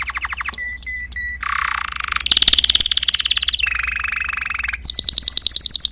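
Timbrado canary song: rapid trills and rolling tours, a low buzzy roll near the middle, then a high fast twittering run at the end.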